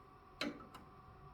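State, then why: Not seated. An embroidery hoop holding a hooped shirt is pushed onto the hoop holder arms of an embroidery machine to lock it in. A sharp tick sounds at about 0.4 s and a fainter one at about 0.8 s over a low steady hum. The hoop has not clicked into the arms yet.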